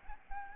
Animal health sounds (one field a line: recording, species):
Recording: mosquito wingbeat signal from an infrared sensor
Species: Aedes albopictus